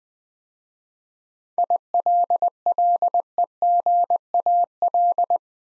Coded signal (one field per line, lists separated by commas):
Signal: Morse code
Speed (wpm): 20 wpm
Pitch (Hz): 700 Hz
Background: none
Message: ILLEGAL